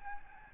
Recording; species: mosquito wingbeat signal from an infrared sensor; Aedes albopictus